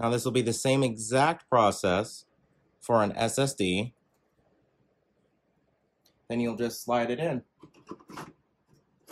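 A loaded plastic drive caddy is handled for sliding into the drive cage of an Aurora R12 desktop PC, with no screws required and the same process used for an SSD. Someone talks over faint handling noises, with a small tap near 6.1 s. The clip ends before the caddy goes home, so nothing has seated or clicked yet.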